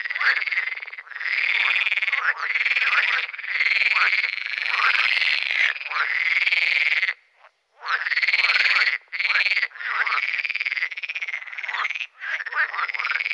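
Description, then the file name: Pool frog croaking in a dense, continuous series of rattling, nasal notes with short pauses. "grenouille de lessona"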